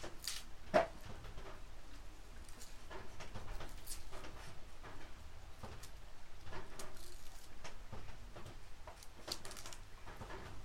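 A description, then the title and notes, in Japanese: Harvested green onions being trimmed and prepared, with peeling, leaf cutting and bundling. Short rustles and crisp snaps come irregularly throughout, with one sharper crack just under a second in, over a steady low hum in the background. 出荷日の昼下がり。収穫してきたネギの調整作業中(皮むき、葉落とし、軽量、束にする)。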